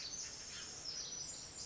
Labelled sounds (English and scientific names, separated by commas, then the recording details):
Pacific Wren (Troglodytes pacificus)
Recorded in Sonoma County, California